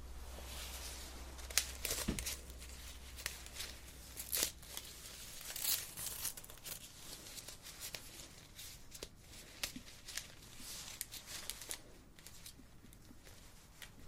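Facial acupuncture with close personal attention: soft, irregular taps, brushes and rustles of hands touching the face come every second or so, with sharper clicks near 2, 4.5 and 6 seconds. A low steady hum runs underneath for the first two seconds, then fades.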